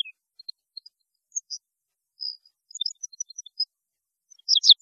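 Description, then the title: European goldfinch song: sparse high chips and a short drawn note, ending with a burst of louder twittering notes. "Chant Chardonneret"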